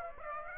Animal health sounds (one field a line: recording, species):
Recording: mosquito wingbeat signal from an infrared sensor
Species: Aedes aegypti